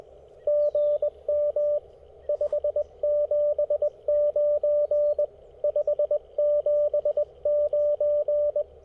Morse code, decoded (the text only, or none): GM 579 579